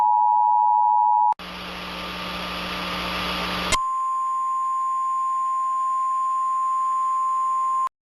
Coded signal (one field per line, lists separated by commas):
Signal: Emergency Alert System (SAME) tones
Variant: 853 and 960 Hz attention tone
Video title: Brookhaven Tornado EAS Scenario